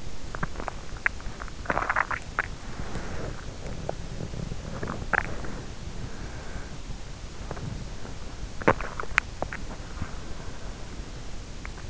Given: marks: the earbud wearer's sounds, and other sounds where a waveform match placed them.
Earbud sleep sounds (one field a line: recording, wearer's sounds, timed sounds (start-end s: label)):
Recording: sounds in sleep by an in-ear microphone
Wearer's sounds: teeth grinding, body movement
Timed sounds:
0.00-9.58 s: teeth grinding
2.20-11.90 s: body movement